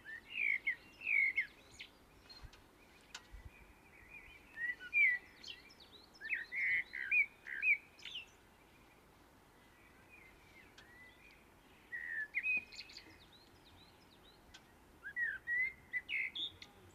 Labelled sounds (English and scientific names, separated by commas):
Common Blackbird (Turdus merula) song